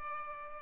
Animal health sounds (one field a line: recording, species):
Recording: mosquito wingbeat signal from an infrared sensor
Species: Culex pipiens